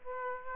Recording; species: mosquito wingbeat signal from an infrared sensor; Aedes aegypti